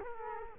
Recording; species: mosquito wingbeat signal from an infrared sensor; Culex quinquefasciatus